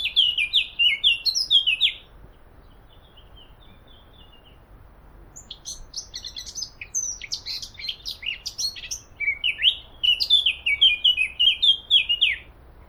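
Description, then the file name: Eurasian blackcap singing a fast warbled phrase of rich, varied notes, a long pause, then a longer bright chattering and fluting run. "Sylvia atricapilla"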